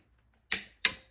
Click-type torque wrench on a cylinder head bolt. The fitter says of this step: That's the That's the click I'm telling you about.